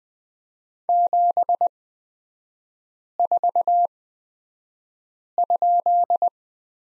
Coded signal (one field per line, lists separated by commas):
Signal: Morse code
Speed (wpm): 20 wpm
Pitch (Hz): 700 Hz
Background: none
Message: 74?